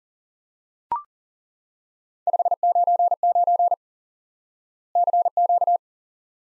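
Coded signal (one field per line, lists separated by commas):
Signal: Morse code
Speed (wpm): 38 wpm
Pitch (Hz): 700 Hz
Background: none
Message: 599 CQ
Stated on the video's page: Morse lesson teaching the QSO element 599 by instant word recognition.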